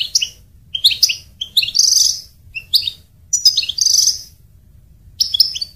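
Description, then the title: European goldfinch song: bursts of bright, high twittering notes with short buzzy trills, separated by brief pauses, over a faint low hum. "Chant Chardonneret"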